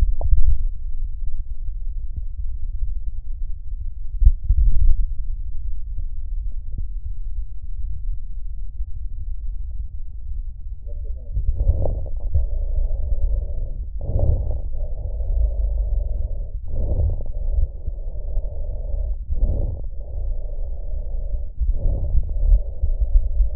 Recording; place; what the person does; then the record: lung sounds by stethoscope; left posterior basal chest; quiet breathing, then deep breathing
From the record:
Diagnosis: interstitial lung disease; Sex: male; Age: 82 years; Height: 158 cm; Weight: 49 kg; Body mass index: 19.6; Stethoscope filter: extended mode